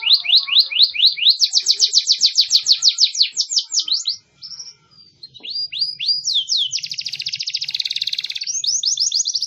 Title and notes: Master Burung Kicau. Masteran Burung Kicau Lengkap